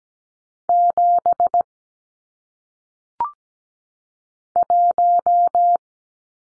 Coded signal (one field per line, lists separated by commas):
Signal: Morse code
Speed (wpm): 17 wpm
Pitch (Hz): 700 Hz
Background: none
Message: 7 1